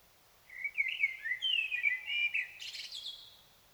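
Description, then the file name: Common blackbird song: a low, mellow fluted warble of slurred notes, ending in a thin, scratchy high twitter. "Turdus merula"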